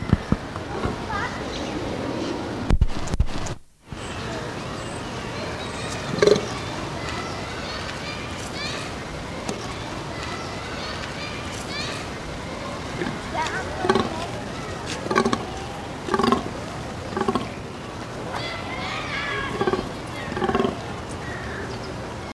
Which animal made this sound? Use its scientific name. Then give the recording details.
Dama dama. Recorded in captivity. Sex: male. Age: adult. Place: Zoo Berlin, Berlin, DE. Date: 1991-10-30 10:48. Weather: sunny, 0°C. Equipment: Nagra SN, Kopie Tesla B 116. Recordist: Tembrock, Günter. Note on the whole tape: Männchen treibend: Lautfolgen